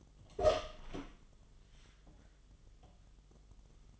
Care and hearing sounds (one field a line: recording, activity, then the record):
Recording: daily activity, microphone in the room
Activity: open door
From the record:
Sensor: 4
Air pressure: 1005.7 hPa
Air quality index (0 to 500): 96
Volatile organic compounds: 2 ppm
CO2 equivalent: 1192 ppm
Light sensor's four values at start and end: 13/31/12/11 and 13/29/11/11